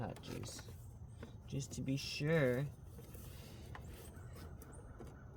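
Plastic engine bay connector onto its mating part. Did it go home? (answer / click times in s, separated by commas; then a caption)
yes / 3.8 s. A plastic engine bay connector that was thought to be already clicked in is pushed again onto its mating part to make sure it is seated, while someone talks. A short, sharp click sounds at 3.8 seconds, and the connector is confirmed fully home and on.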